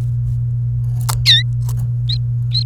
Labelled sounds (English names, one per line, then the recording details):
Domestic Canary song
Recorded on 29 April 2018 at 15:04
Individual llb3